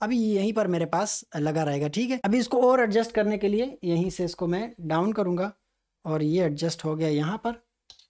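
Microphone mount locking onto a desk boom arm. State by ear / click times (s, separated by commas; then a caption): seated / 7.9 s. A microphone mount is set to the chosen direction on a Ulanzi VIJIM LS25 desk boom arm while someone talks, and after the speech stops, a short sharp click at 7.9 s, followed by a faint tick, marks the mount locking into position. The mount locks easily in the chosen direction.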